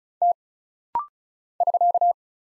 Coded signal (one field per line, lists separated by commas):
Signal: Morse code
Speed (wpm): 36 wpm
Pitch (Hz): 700 Hz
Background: none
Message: T <SK>